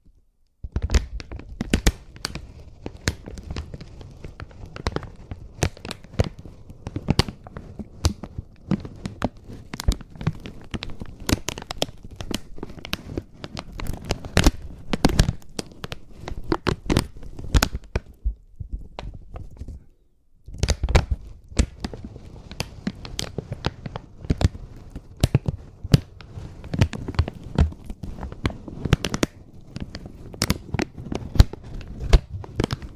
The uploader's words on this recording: ASMR Slow & Gentle Crinkle Triggers. (No Talking).